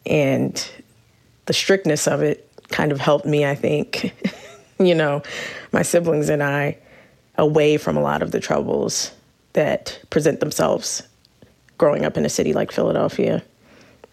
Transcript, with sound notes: And the strictness of it kind of helped me, I think - (laughter) you know, my siblings and I away from a lot of the troubles that present themselves growing up in a city like Philadelphia.